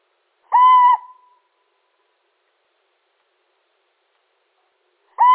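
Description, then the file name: Little owl: one clear, level hoot with a brief drawn-out ending, followed by silence and the start of a second call. Male. "Sycek obecny samec"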